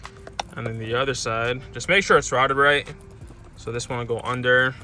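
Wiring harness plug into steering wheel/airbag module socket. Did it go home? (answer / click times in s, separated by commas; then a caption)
yes / 0.4 s. A steering wheel wiring harness plug is pushed into its socket on the steering wheel/airbag module during a light-up airbag install on a Chrysler 300C SRT, and the plug seats with a sharp click at 0.4 s after a few faint taps. Someone then talks.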